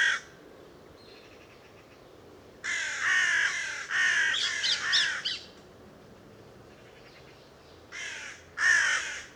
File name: Corvus corone